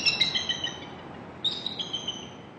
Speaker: Via the webcam, Merrill and others get much closer than they can in person, watching run-ins with intruders and hearing the eagles' calls.